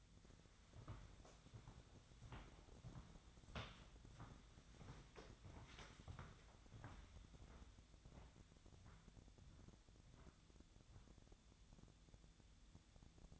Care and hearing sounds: daily activity, microphone in the room; walk to room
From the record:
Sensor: 3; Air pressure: 999.9 hPa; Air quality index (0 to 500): 119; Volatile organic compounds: 2 ppm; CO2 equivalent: 1072 ppm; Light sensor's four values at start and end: 39/94/42/46 and 41/98/43/48

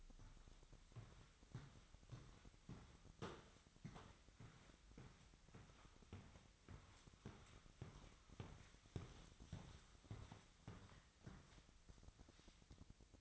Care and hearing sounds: daily activity, microphone in the room; walk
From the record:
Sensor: 3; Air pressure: 1001.6 hPa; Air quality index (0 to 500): 225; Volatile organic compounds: 32 ppm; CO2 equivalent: 2997 ppm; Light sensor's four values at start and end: 12/36/16/13 and 12/37/16/13

